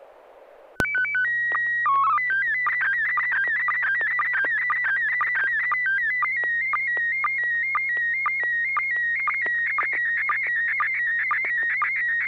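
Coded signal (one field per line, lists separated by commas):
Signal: SSTV (slow-scan television)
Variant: PD 120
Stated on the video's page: SSTV net on a 441.300 MHz FM repeater, Wednesday evenings, sent with MMSSTV software.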